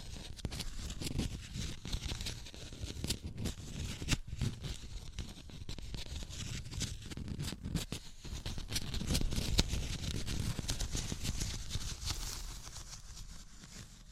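Tapping and scratching fill the whole stretch, a dense, irregular patter of dry clicks and scrapes with no pause. A low, rough rumble runs underneath, and the scraping grows busier and louder from about nine to twelve seconds before easing slightly.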